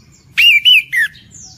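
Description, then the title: Orange-headed thrush song: three loud whistled phrases, the first two level and wavering, the last sliding downward. Actively singing bird, described with the bird-keeping term gacor. "Anis Kembang Gacor"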